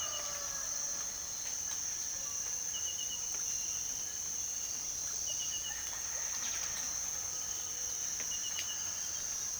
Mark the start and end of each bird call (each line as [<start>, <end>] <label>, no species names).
[0.00, 0.91] bird call